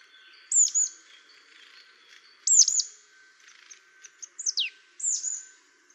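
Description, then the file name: Marsh tit calls: sharp high notes dropping steeply, given in pairs and short runs over a faint steady background. "Poecile palustris"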